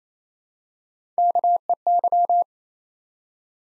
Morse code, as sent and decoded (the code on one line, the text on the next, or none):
-.- . -.--
KEY